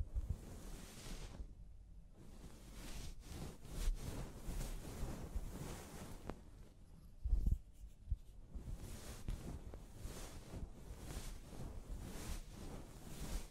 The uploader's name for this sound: Personal Attention Scalp Massage, Hair Wash